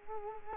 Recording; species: mosquito wingbeat signal from an infrared sensor; Culex quinquefasciatus